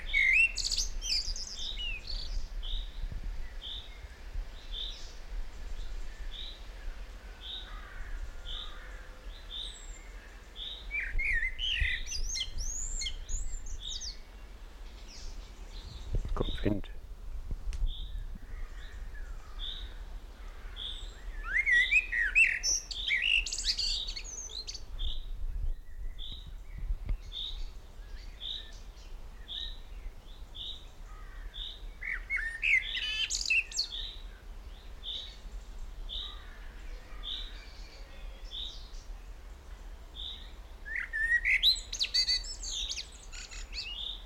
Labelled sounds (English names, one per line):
Common Blackbird